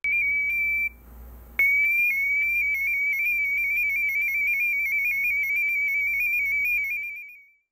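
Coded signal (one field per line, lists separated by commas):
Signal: multi-tone FSK (Olivia or MFSK type)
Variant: THOR 16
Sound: a warbling single tone hopping quickly between nearby pitches, like a jittery melody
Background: low hum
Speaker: this is what Thor 16 would sound like compared to thorry there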